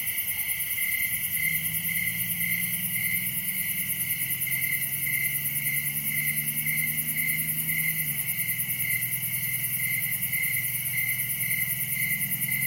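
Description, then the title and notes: Cricket chirps pulse evenly in a high chorus, around two per second, with a low droning hum sliding slowly in pitch throughout. Crickets recorded at night in summer in a wooded area at Dell Creek State Wildlife Area. "Summer night in Dell Creek state wildlife area. This sound was recorded at night in a wooded area during the summer. Crickets are the main act here. Recorded by Daniel Braun. Part of the Music for Sleep project"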